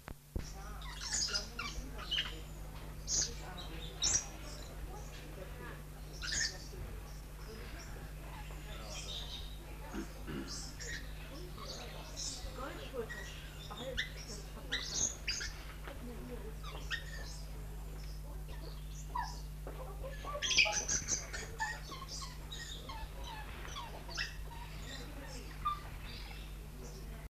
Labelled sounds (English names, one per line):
Goldie's Lorikeet call